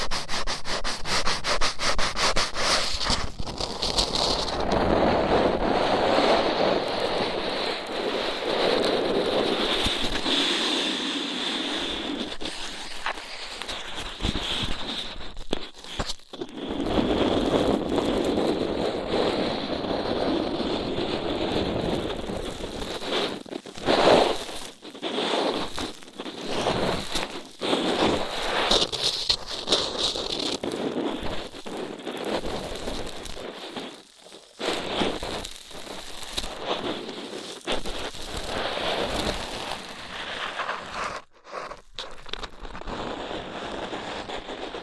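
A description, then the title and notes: Rough ear cleaning produces a dense, scratchy rustling and scraping that runs almost continuously, with a bright hiss on top. Around the middle and toward the end it breaks into choppier bursts with brief silent gaps, then resumes its rough rubbing. ASMR Rough Ear Cleaning (No Talking).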